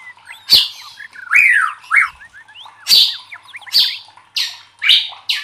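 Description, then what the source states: White-rumped shama song of loud harsh bursts alternating with short whistled and slurred notes. Masteran training recording for caged birds of murai batu, labaik style.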